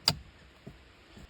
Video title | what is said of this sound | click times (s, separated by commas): Honda Civic 2006 - 2011 Cabin Air Filter Easy DIY Replacement. No Tools. 8th Gen. | now just insert the frame back into the slot until it snaps in | 0.1 s